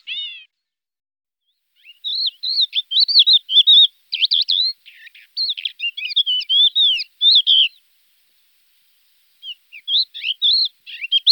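Crested lark song: an opening slurred whistle, then a lively six-second burst of mixed warbling, whistled and buzzy notes, a pause, and a final shorter phrase.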